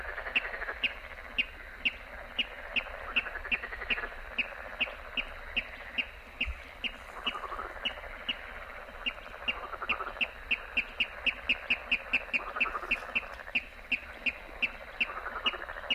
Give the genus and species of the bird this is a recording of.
Rallus aquaticus